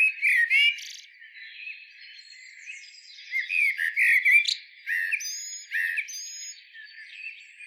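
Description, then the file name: Eurasian blackbird phrases: a loud burst at the start, then more fluted whistles and notes through the middle and end. "Turdus merula"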